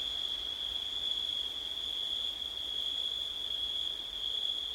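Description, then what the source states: Cricket gives a continuous shrill trill on a single pitch. Recorded at night in September, with wind.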